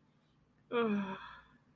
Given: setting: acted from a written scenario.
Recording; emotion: vocal sound without words; guilt